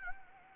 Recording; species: mosquito wingbeat signal from an infrared sensor; Anopheles gambiae